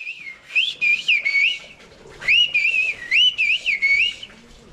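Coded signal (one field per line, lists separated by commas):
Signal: whistled language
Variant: Turkish Kuş dili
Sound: loud gliding whistled phrases rising and falling between about 2 and 3 kHz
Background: outdoor background noise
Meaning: Welcome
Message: Hoş geldiniz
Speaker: Hoş geldiniz diyor Hakan. Welcome to Kuşköy.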